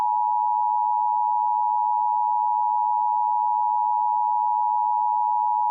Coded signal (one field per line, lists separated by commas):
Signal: Emergency Alert System (SAME) tones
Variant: 853 and 960 Hz attention tone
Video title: *VALID TONES* War Of The Worlds REMASTERED (EAS Scenario)